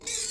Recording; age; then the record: pig call; weaner (32 to 43 days)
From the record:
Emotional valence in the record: negative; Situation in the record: long isolation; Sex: female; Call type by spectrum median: high-frequency call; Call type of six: high-frequency stable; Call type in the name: high-frequency stable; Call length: 0.31 s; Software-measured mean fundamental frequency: 428 Hz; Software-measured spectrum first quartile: 4042 Hz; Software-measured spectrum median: 6235 Hz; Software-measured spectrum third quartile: 7675 Hz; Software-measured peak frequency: 7577 Hz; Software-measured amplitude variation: 141 dB a second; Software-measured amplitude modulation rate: 29.0 a second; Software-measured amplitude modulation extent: 4.9 dB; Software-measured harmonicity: 0.3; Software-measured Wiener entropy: -1.68